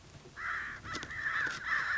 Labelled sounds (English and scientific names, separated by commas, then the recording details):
American Crow (Corvus brachyrhynchos)
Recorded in Sonoma County, California